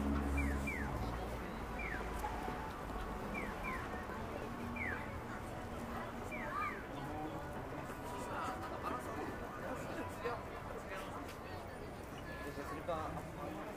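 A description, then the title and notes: Daytime street in Akihabara: steady murmur of voices and traffic, with repeated short chirping tones in the first seven seconds. Akihabara,daytime.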